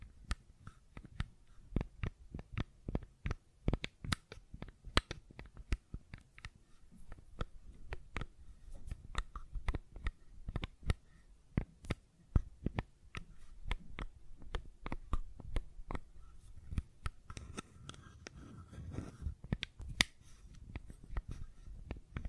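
Fidget cube clicks and taps come in quick, irregular bursts throughout, sharp dry snaps over a soft low rumble of handling.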